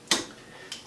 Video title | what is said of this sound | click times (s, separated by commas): 4K Video Edit Computer Build | it in there so really you can you hear it clicking and kind of feel it click and then you put | 0.1 s, 0.7 s